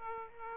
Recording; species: mosquito wingbeat signal from an infrared sensor; Aedes aegypti